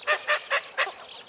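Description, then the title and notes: Blue-winged Teal calls: four short, harsh, nasal notes in quick succession, then quiet. Long-distance migrants nesting in Canada and the U.S., wintering in South America; feed in shallow water on snails and fly larvae when breeding, seeds in fall and winter; pair in winter. "Traveling with Blue-winged Teal. BirdNote"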